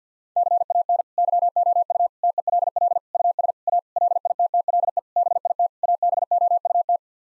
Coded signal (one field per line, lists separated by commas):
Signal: Morse code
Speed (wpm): 50 wpm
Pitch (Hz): 700 Hz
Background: none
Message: CAN YOU TELL US A LITTLE BIT ABOUT